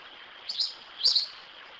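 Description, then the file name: House sparrow with two quick, high chirps about half a second apart over faint background hiss. "Pardal"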